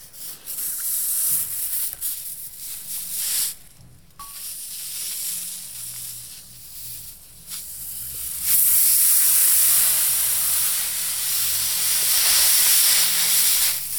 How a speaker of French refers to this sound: je vais préparer une pâte humide, poser sur mon feutre de poil, oui, qui est lui-même sur une forme en bois, mmh, et je vais produire de la vapeur en venant y mettre à même la pâte mouille un fer à repasser qui lui-même ne produit pas de vapeur.